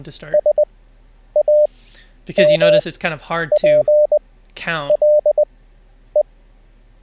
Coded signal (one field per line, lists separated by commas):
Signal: Morse code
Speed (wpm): 20 wpm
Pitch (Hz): 600 Hz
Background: speech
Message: SAMPLE